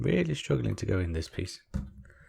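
Someone talks while pushing hard on a plastic or metal part of a large-scale Millennium Falcon model kit, struggling to force it into its mounting on the model ship's frame. Faint handling sounds follow, and nothing has seated or clicked yet.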